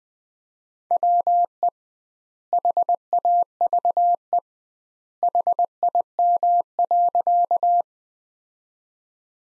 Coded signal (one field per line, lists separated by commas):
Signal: Morse code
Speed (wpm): 20 wpm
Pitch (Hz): 700 Hz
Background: none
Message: WE HAVE HIM.